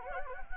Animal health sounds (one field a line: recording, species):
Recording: mosquito wingbeat signal from an infrared sensor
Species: Anopheles arabiensis